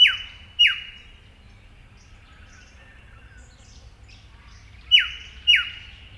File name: Eopsaltria Australis